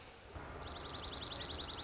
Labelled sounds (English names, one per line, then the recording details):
Dark-eyed Junco
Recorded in Sonoma County, California